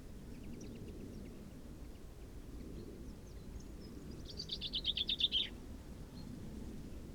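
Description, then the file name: Common chaffinch song: one clear descending phrase of quick chipping notes midway, with a few faint thin notes earlier, against a fairly loud low rumble. "Fringilla coelebs"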